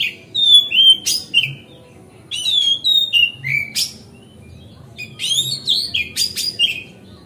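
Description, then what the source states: Oriental magpie-robin song: three loud phrases, each opening with high sweet whistles and ending in sharp chips and buzzy notes, separated by short pauses. Song-tutoring (masteran) recording made on a terrace.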